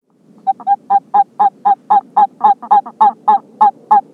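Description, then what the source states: California toad calls, clipped nasal peeps in a quick run of about four a second, with a few softer extra notes slipped between. California toad, subspecies halophilus.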